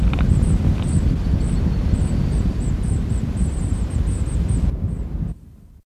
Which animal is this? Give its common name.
Willow Warbler